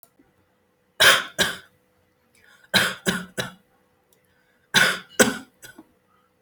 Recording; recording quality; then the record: shallow voluntary cough; excellent, no background noise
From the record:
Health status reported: healthy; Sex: male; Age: 29 years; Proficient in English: yes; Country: India